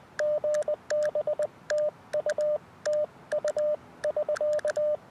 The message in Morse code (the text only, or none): GB TU TU <SK>